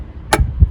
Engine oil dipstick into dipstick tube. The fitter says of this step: As you see right there, it should make that little clicking noise, and it should not come out very easily, just